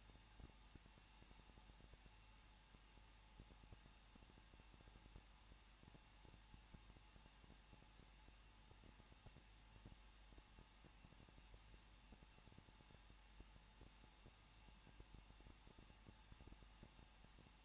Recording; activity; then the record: daily activity, microphone in the room; no activity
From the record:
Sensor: 1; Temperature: 20.1 degrees Celsius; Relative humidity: 39.1%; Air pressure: 1006.3 hPa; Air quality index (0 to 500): 217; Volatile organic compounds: 76 ppm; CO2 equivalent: 3577 ppm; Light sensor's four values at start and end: 1/2/1/1 and 1/2/1/1